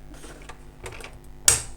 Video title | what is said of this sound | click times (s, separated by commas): FT034: Brother AX-15 Electronic Typewriter - Comprehensive user guide | there we go. And snaps back in. | 1.5 s